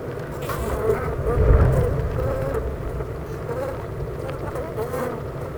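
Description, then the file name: Honey bee hive hum, a continuous many-winged buzz that swells louder and deeper early on before settling back to an even drone. Buzzing of a honey bee hive at Clara Vale, Gateshead, United Kingdom. "Honey Bee Hive-Clara Vale,Gateshead,UK"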